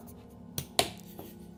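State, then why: Seated. The rear of a plastic tread or spring section is pushed down onto a rebound fitness boot held between the legs. Two sharp clicks sound at 0.6 s and 0.8 s, the second louder, as the back of the tread snaps down into place. The tread is seated.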